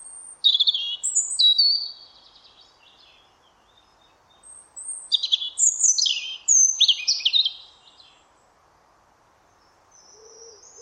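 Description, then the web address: European robin song: several bright, high, jumbled warbling phrases in two bursts separated by a pause, then a soft low note at the end. "Deverinetal 2025 File origin Bird Only Er Ru"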